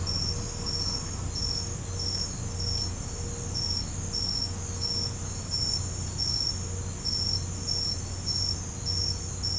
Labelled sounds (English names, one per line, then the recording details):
none
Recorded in pastures near Puerto Asís, Putumayo, Colombia, on 16 December 2024 at 01:00
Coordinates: 0.505, -76.324
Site G063